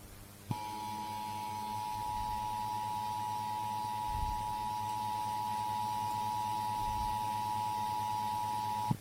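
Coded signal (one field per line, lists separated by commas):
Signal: Emergency Alert System (SAME) tones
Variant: 853 and 960 Hz attention tone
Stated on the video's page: Fictional scenario SAME tones in an analog horror piece.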